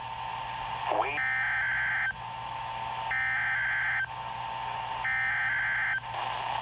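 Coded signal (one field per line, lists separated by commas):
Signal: Emergency Alert System (SAME) tones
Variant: header bursts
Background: speech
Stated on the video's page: Required weekly test of the Southern Nevada Emergency Alert System.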